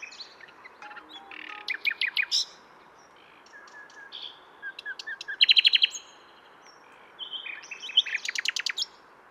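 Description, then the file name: Common nightingale song: bursts of sharp repeated notes alternating with buzzy trills and a few low soft tones, delivered in separate phrases. "Luscinia megarhynchos"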